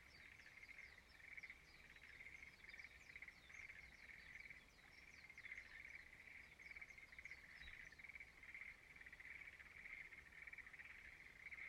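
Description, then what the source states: Frogs calling together in a continuous pulsing chorus that holds an even pitch, with a thin layer of higher chirping. Frogs singing in a rice field at dawn in Izumo, Shimane, Japan.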